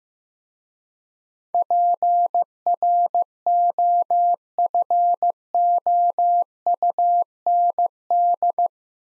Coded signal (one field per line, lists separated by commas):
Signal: Morse code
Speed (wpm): 15 wpm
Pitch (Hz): 700 Hz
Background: none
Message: PROFOUND